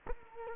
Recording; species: mosquito wingbeat signal from an infrared sensor; Culex quinquefasciatus